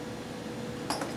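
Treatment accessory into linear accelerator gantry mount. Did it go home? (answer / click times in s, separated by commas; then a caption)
yes / 0.9 s. A heavy treatment accessory, hooked on with its U-shaped hook, is pushed straight up into a linear accelerator gantry mount. A sharp click at 0.9 s, with a smaller one near 1.0 s over a steady hum, shows it has seated so it cannot fall on a patient.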